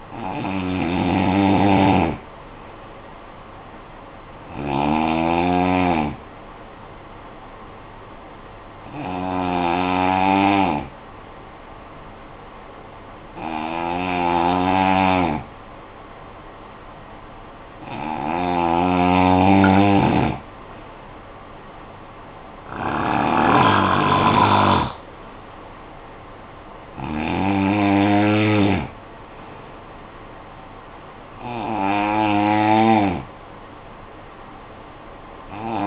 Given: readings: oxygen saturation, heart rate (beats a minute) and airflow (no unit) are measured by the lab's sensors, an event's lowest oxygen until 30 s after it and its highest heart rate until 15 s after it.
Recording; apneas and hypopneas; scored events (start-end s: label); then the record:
breathing in sleep by a voice recorder at the bedside; 1
9.00-23.80 s: hypopnea (N2, oxygen 93% highest, then 89% lowest, heart rate 52 at the start, 58 highest)
From the record:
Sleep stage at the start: N2 (light sleep); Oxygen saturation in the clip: 89 to 93%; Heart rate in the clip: 52 to 58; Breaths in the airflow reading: 8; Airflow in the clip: -8.8 to 7.9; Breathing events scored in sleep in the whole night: 445 in 7.6 hours asleep